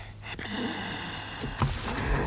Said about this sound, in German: Da hustet einer! Ach, lass ihn doch! Auf unserem Boden! Schon wieder. Ganz deutlich. Ja, natürlich ist einer auf dem Boden, das weiß ich schon lange. Was weißt du schon lange? Kannst ihm doch das Husten nicht verbieten.